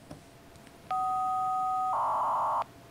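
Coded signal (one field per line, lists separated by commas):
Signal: fast PSK data mode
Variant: PSK500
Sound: one second of a two-note idle tone, then under a second of rough buzzing data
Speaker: there we go that's psk 500 and I know it's difficult to see the text there but it says my call sign sm0 rwo uh position and the short uh status message which was test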